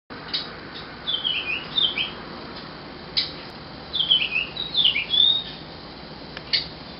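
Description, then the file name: Japanese grosbeak giving short, bright, whistled notes, some sliding downward, in two loose bursts over steady background hiss. "ikaru"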